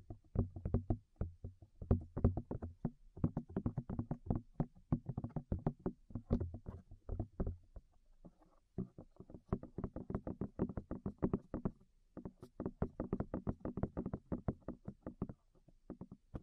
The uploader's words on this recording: ASMR Tap Your Ears 3Dio (No Talking).